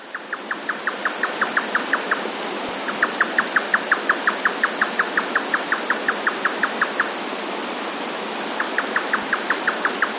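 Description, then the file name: Grey nightjar calling: fast, even runs of sharp tchuck notes in three bouts broken by short pauses, over a constant hissing background noise. "yotaka"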